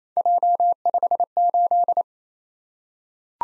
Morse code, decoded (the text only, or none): J58